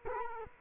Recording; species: mosquito wingbeat signal from an infrared sensor; Culex quinquefasciatus